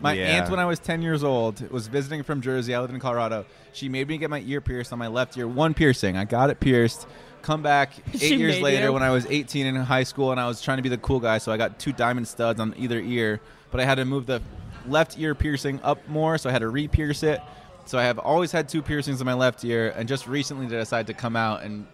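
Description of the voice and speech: An adult man tells a story in fluent, clearly voiced conversational speech at a steady pace; ordinary speech.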